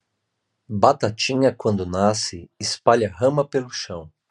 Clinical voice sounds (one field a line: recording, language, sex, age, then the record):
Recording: short text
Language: Brazilian Portuguese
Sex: male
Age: 40 to 49 years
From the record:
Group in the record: control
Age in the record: 47 years